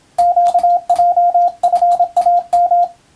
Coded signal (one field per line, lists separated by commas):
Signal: Morse code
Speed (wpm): 27 wpm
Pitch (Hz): 700 Hz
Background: radio noise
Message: QJFAM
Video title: モールスＣＷトレーニング用、YouTubeの再生速度を調整して自分のスピードで練習してみよう！総合無線通信士試験の練習です。(morse code practice radio operator )